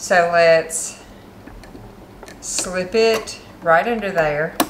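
Someone talks while a plastic darning plate is handled on an LX3817 sewing machine, its two pegs being slid under toward the first holes of the needle plate on the machine bed. Faint handling ticks are heard between the words, around 1.6, 2.2 and 2.3 seconds. The plate has not snapped into place yet; nothing has seated.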